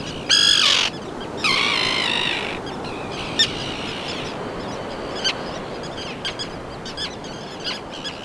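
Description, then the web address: Common tern calls, two loud, harsh, drawn-out grating calls at the start, followed by fainter short notes scattered across the rest. "garajau-comum Vocalizacoes"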